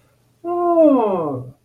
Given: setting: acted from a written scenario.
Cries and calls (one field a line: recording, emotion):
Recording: vocal sound without words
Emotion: realization